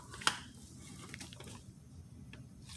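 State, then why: Seated. A pistol magazine is pushed into a new Kydex magazine carrier and snaps in with one sharp click at 0.3 s. It seats firmly with good retention straight out of the box. Only a few faint small ticks follow over low background noise.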